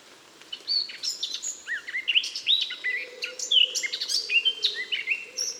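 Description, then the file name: Eurasian blackcap song: a dense scratchy warble mixed with bright whistled notes. "Sylvia atricapilla"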